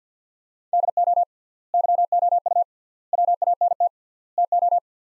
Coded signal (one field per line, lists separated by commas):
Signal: Morse code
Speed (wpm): 50 wpm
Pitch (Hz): 700 Hz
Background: none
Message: DO YOU WANT TO